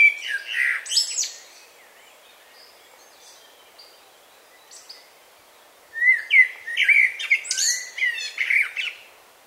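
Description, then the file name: Common blackbird song: opening phrase of low whistles and high scratchy notes, about four quiet seconds, then a longer run of fluted warbles and thin squeaks. "Turdus merula"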